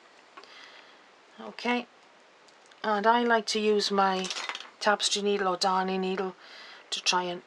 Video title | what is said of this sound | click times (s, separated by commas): "Goodyhoo" Owl Pattern Tutorial for Addi & Sentro 22 pin circular knitting machines #knitting #owl | pop it on the back there like that and pop it in until it clicks all the way and it's all the way in it's going to go | 0.4 s